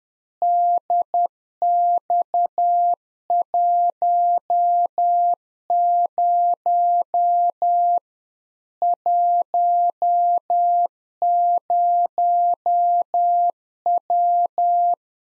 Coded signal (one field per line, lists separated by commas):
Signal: Morse code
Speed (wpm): 10 wpm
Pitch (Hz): 700 Hz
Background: none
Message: DX10 10W